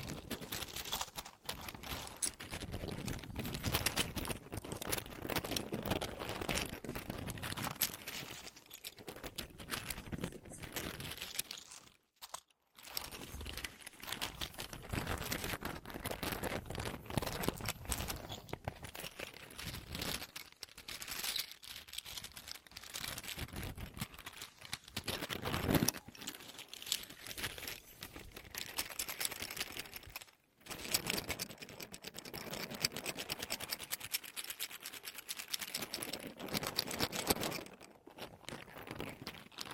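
Deep ear crinkles with a dense, scratchy texture and lots of quick clicky bits, running almost without pause. The crackling rises and falls in bursts, with brief silent gaps near 12, 26 and 30 seconds before the rubbing resumes.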